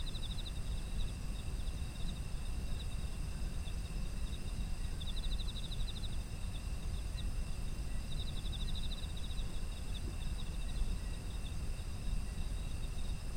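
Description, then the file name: Insects chirping: short pulsed trills at a high pitch come in bursts every few seconds over a steady high insect whine and a constant low rumble. Autumn insects, environmental ambient sound. "秋の虫の環境音"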